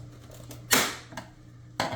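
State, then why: Released. A screwdriver is pushed into a gap under a refrigerator's plastic ice maker mounting plate and twisted to pry it loose. After a few scraping clicks and a loud rasping burst near 0.7 s, the clip releases with a sharp pop at 1.8 s, and the plate comes free.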